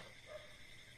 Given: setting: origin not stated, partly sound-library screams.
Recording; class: one-second piece from a danger detection set; normal situation